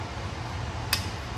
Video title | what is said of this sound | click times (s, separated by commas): Utilizing Quick-Connect Fittings | thread it back on until you hear the snap of the red lock collar | 0.9 s